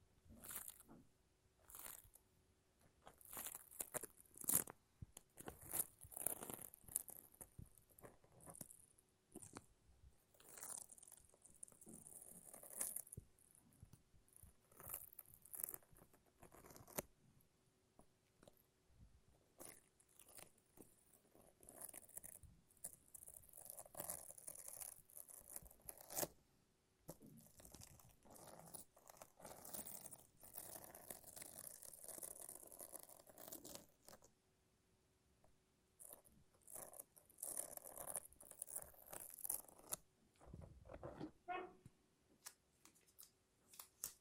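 A lint roller and tape make dense, irregular sticky crackles and peeling rips, with bright tearing bursts and short quiet gaps around 17, 26 and 34 seconds.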